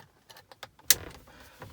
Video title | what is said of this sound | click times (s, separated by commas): Replacing the driver's airbag on my Fiesta ST150 | so that's clicked back in and that holds that in roughly the top | 0.9 s